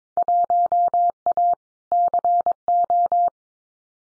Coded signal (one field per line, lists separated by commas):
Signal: Morse code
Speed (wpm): 22 wpm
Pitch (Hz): 700 Hz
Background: none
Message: 1A CO